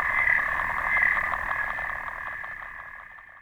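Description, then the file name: Clawed frog giving a fast, dense train of buzzing clicks, loudest early and then steadily fading toward the end. "xenopus"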